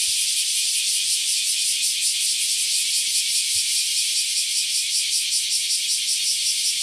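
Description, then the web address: Cicada song: a loud, continuous shrill hiss-like buzz with a faint, steady pulsing throughout. Recorded 31 July 2020 at 07:38 in the morning. "2020-07-31 07 38 38 セミ. arpla 自然音研究室"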